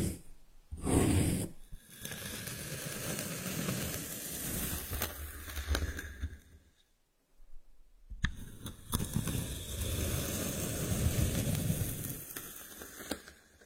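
Powered sand being set off, a dense rushing hiss with a gritty, crackling texture and a strong low rumble underneath. Loud bursts near one and two seconds, then a steady stretch, a near-silent gap around seven to eight seconds, and the rushing returns until the end.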